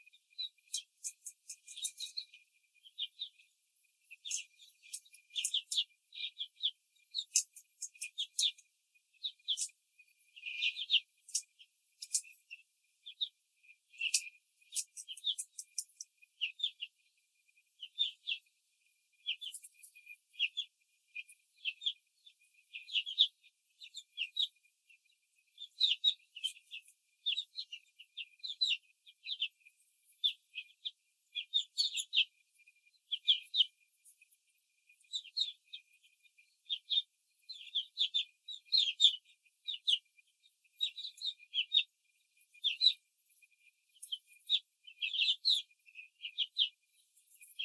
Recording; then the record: young laying hens in a cage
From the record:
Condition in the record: control cage, after the stress test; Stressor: none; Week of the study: 4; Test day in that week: 3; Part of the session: 2